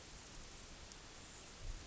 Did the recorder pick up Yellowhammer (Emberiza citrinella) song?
no